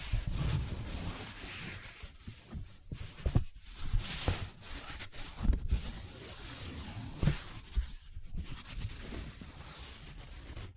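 Paper being handled up close, folded, rubbed and crinkled in a continuous, busy rustle. Sharp crackling bursts and soft low thuds come irregularly, with brief quieter gaps near the fourth and eighth seconds before the scratching and crumpling picks up again.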